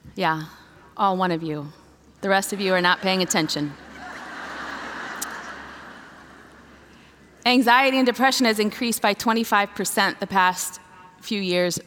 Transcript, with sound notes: Yeah... all one of you. The rest of you are not paying attention. (laughter) Anxiety and depression have increased by twenty-five percent the past few years.